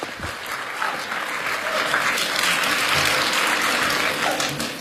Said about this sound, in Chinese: 下边呢，再请大家请上两位梁老师的学生，著名的相声表演艺术家王千祥、李增瑞，带来一段相声《京剧漫谈》，大家掌声有请。